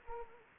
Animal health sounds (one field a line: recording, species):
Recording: mosquito wingbeat signal from an infrared sensor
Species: Anopheles arabiensis